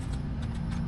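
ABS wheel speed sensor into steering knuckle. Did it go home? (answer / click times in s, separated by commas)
no / none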